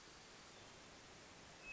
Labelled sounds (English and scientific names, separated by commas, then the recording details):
Hermit Thrush (Catharus guttatus)
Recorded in Sonoma County, California